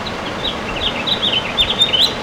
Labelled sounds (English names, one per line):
House Finch song